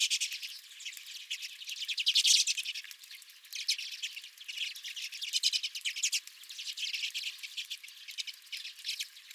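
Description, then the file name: Redpoll flock calling continuously, rapid high twittering notes rising and falling in loudness in waves. Several redpolls at the recordist's own bird feeder. "Redpolls at My Feeder"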